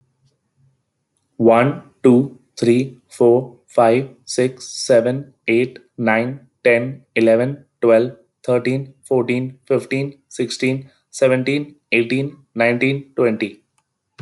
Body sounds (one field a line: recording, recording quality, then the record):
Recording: counting at a normal pace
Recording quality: excellent, no background noise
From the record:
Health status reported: exposed to COVID-19, no respiratory illness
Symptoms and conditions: none ticked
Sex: male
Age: 26 years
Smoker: not ticked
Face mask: not worn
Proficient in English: yes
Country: India